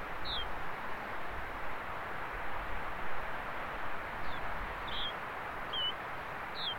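Yellow-bridled finch giving brief high call notes, a few scattered ones with gaps between, against constant low rumbling noise.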